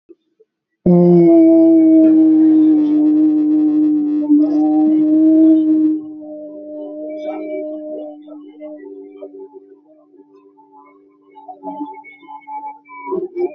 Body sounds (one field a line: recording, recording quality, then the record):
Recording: sustained vowel as in boot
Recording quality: excellent, no background noise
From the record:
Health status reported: exposed to COVID-19, no respiratory illness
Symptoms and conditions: none ticked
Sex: male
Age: 24 years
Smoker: not ticked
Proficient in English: yes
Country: India